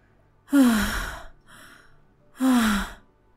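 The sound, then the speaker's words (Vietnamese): An old man pants heavily: two loud, rasping exhalations with a low, falling groan in the voice, separated by a softer, quieter breath, with no words spoken. “Cụ Khóa Cần thở hổn hển do nói tiếp với ông cả Sành.”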